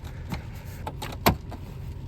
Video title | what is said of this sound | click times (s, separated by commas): How To Take Your Gauge Cluster Off On a 1997-2003 Ford F-150 | right now that everything's lined up this has popped into place | 1.3 s